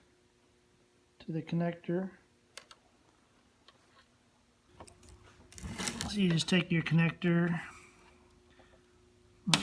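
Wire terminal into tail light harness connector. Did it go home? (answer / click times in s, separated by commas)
yes / 9.5 s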